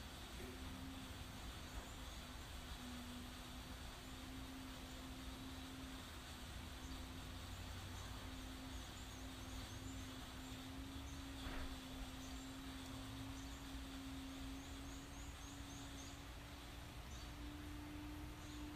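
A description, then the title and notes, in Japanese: A large truck drones steadily from a distance throughout, a low rumble with a sustained engine hum that creeps slightly higher in pitch over the nineteen seconds. Faint, high bird chirps flicker now and then above it, and the level stays even. カナダはケベック州の森の中にある我が家。ある初夏の朝、何気ない我が家の日常音。何種類もの異なる鳥のさえずり。遠くから聞こえてくる大きなトラックの音。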